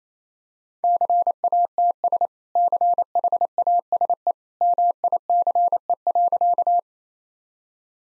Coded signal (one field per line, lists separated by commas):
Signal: Morse code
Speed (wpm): 27 wpm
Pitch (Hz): 700 Hz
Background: none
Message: CATS CHASE MICE.